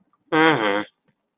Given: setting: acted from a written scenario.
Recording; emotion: vocal sound without words; neutral